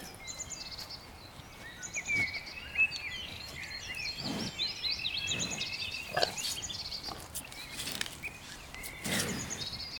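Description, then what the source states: Cattle grazing: irregular tearing and crunching bites of grass every second or two, with small birds chirping and twittering throughout. Cattle grazing, eating grass.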